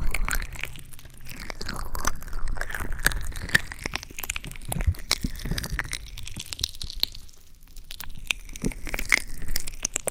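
An ASMR ear massage: dense, continuous rubbing and crackling with frequent sharp crunchy ticks, like fingers working over a microphone. Sweeping swishes rise and fall throughout, with a low rumble underneath and a brief quieter stretch near the seventh second.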